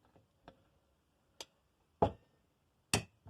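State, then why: Torque reached. A torque wrench tightens a further fastener on a 5 HP Briggs small engine during a rebuild. A series of sharp metallic ticks sounds at about 0.5, 1.4 and 2.0 s, and the loudest click comes at 2.9 s as the wrench reaches its setting, followed by a faint tick at 3.3 s. The fastener is confirmed torqued to its setting.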